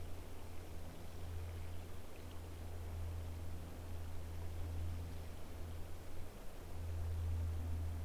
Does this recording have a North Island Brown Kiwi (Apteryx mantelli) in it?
no